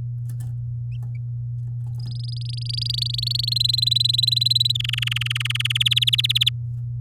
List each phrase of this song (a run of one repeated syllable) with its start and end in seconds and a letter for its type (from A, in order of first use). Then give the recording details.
1.99-3.54 A, 3.56-4.72 B, 4.75-5.78 C, 5.80-6.49 D. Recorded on 9 May 2018 at 12:56. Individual llb16